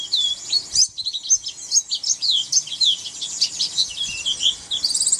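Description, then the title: White-eye twittering in a dense, busy jumble of high sharp chirps and slurred notes, overlapping and continuous, with a brief gap near the first second. "Pleci"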